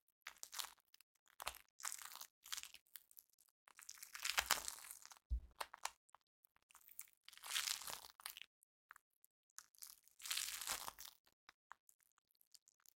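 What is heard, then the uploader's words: Sticky floam is squished and pulled in bursts of dense, bright crackling and popping, separated by short silences, with one sharp snap near five seconds. ASMR Satisfying Sticky Floam Sounds (no talking). Satisfying sticky floam trigger sounds (slime-like molding material with beads).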